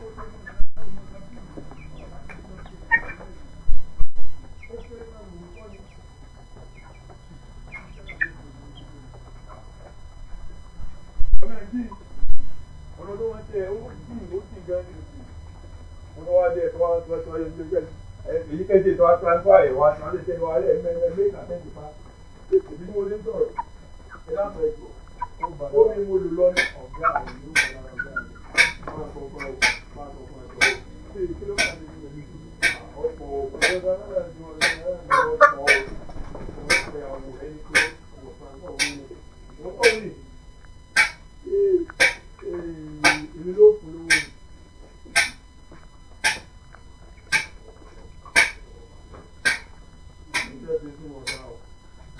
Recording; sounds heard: poultry house recording; background noise or bird activity such as feeding and pecking